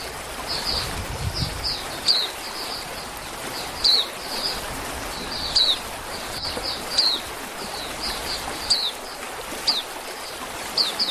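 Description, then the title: Oriental magpie-robin song: short high chirps and whistled notes repeated every one to two seconds over steady background hiss and rustling. "Kicau Kacer"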